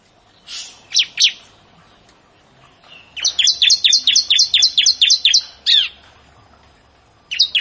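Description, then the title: Prinia song: a few sweeping notes, then a rapid burst of about ten high chirps and a closing downslur. "Ciblek Sawah"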